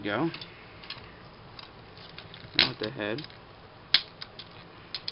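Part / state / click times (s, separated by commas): head panel going into the body of a transforming robot figure / seated / 3.9 s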